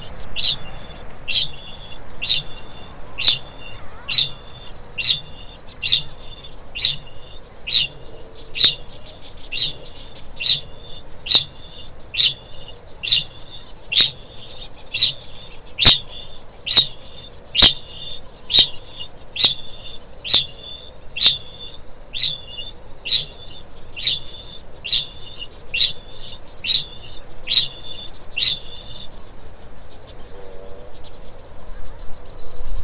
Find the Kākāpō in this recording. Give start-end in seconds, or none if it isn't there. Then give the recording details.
0.16-29.23. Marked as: faintness 3/5. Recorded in New Zealand. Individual Stumpy